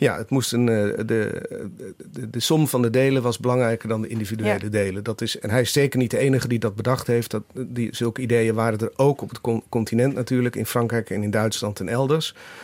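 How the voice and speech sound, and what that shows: Adult male speaker talking in Dutch. Typical speech.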